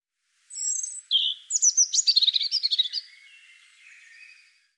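European robin song: a thin high whistle, then a rapid, varied warbling phrase of sharp trills and squeaky notes, fading into soft high twitters.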